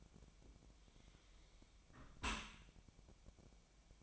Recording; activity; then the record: daily activity, microphone in the room; close dishwasher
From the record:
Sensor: 1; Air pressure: 1006.7 hPa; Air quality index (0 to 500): 208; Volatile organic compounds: 24 ppm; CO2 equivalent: 2805 ppm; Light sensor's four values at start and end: 12/32/12/14 and 12/32/12/14